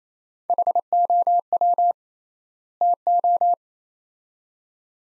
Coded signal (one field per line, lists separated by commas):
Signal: Morse code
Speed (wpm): 28 wpm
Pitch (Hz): 700 Hz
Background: none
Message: HOW TO